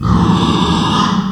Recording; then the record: squeal of a Yucatan mini pig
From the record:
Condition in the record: after surgery on the right vocal fold (resection and tissue-engineered implant); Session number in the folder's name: 16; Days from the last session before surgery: 183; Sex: female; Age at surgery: 19 weeks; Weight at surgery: 25 kg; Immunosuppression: prednisolone